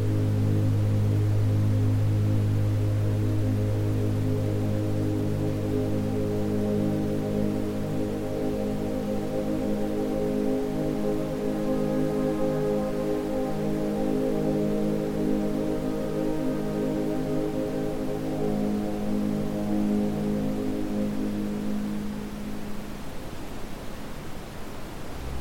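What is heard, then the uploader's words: Brown noise runs steady throughout, a deep, even rumble. Over it, layered low tones sustain and slowly shift, with a strong low hum in the first few seconds and higher overtones shimmering in around the middle before thinning out near the end. Brown Noise Sleep Drone. Brown noise and ambient tones combine for a soothing sonic atmosphere.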